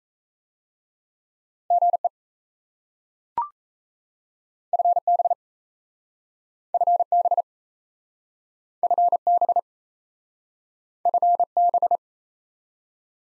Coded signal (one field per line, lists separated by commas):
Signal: Morse code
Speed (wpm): 37 wpm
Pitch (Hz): 700 Hz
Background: none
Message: GE FB FB FB FB